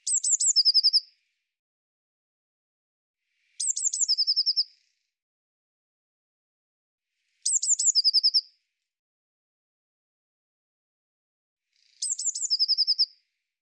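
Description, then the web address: Eurasian blue tit calls: four bursts, each a few high notes then a quick trill, repeated roughly every four seconds in silence. "cianscape birddata Deverinetal 2025 File cleaned normalized Bird Cy Ca"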